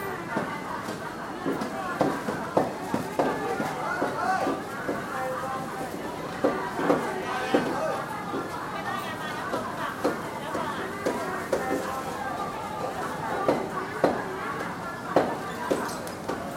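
Hawkers call out steadily beside a Hong Kong wet market, their voices overlapping in a dense, busy chatter that never pauses. Sharp short knocks and clatters pop up every second or so throughout, over a constant low street murmur.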